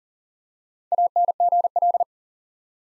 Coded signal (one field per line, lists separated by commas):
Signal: Morse code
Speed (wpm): 40 wpm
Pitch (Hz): 700 Hz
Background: none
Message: ANGL